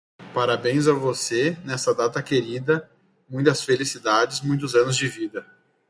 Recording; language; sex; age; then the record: short text; Brazilian Portuguese; male; 30 to 39 years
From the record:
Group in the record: control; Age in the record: 34 years